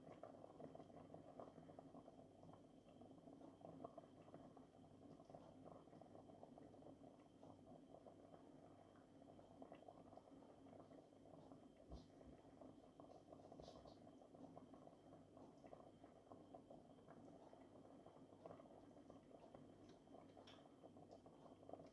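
Onions fry in a pan, a dense, steady sizzle and bubbling that barely changes across the whole stretch. A faint thin whine holds underneath, and a few sharper clicks and taps stand out around the twelve- and fourteen-second marks.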